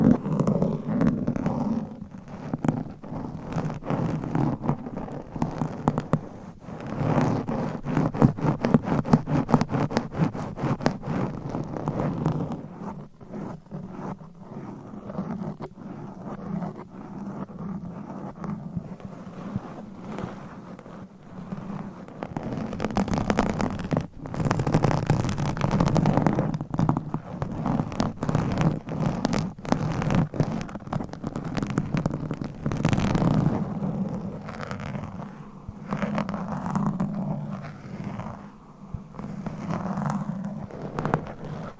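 A run of scratching and tapping sounds that shift in character every few seconds, with dense bursts of quick scratches and clusters of sharp taps. The sound is mostly low and full, with crisper, brighter strokes around the middle and again near the end.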